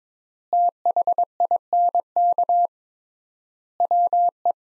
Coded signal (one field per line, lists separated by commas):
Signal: Morse code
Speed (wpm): 22 wpm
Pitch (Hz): 700 Hz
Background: none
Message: THINK WE